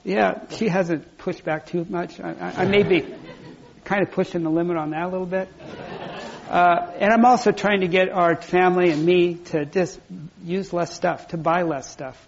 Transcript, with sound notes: Yeah. She hasn't pushed back too much. I may be kind of pushing the limit on that a little bit.
[Laughter]
And I am also trying to get our family and me to just use less stuff to buy less stuff.